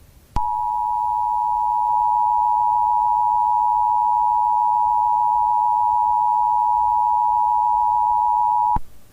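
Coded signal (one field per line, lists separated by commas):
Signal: Emergency Alert System (SAME) tones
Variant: 853 and 960 Hz attention tone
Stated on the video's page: Fictional zombie-apocalypse EAS scenario with altered Emergency Alert System tones.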